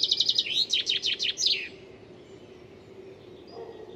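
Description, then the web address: Bird song: a fast run of high, thin repeated notes, then a few quick downward-slurred notes, all over within two seconds before a quiet background hum. "Deverinetal. Bird Only"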